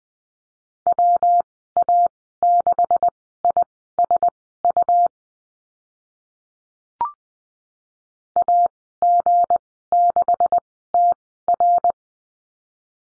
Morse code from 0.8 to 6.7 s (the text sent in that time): WA6ISU